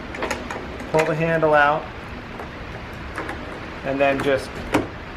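During a door actuator replacement on a 2015-2020 Kia Optima, the plastic door handle trim cover is handled at the interior door panel with the handle pulled out, ready to be pushed back on. Someone talks over a few brief handling taps and knocks. Nothing has seated or clicked yet.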